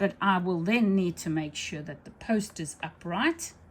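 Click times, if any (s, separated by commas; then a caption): none. A loaded bobbin case for a 1969 Bernina 730 Record sewing machine is held by its tab, with a finger keeping the bobbin from falling out, as it is brought toward the upright post of the machine's hook while someone talks. Nothing has seated or clicked yet.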